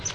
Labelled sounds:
Palm Warbler (Setophaga palmarum) flight call

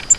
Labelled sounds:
Grace's Warbler (Setophaga graciae) flight call

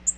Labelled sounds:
Nashville Warbler (Leiothlypis ruficapilla) flight call

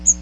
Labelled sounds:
Magnolia Warbler (Setophaga magnolia) flight call

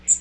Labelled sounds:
Magnolia Warbler (Setophaga magnolia) flight call

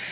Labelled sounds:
Kentucky Warbler (Geothlypis formosa) flight call

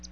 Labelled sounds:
Palm Warbler (Setophaga palmarum) flight call

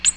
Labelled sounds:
Ovenbird (Seiurus aurocapilla) flight call

